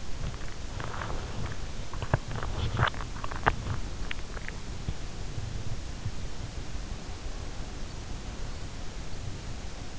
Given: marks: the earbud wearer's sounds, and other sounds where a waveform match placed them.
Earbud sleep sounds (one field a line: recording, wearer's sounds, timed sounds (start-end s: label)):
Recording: sounds in sleep by an in-ear microphone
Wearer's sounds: body movement, teeth grinding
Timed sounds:
0.00-1.69 s: body movement
2.00-5.01 s: teeth grinding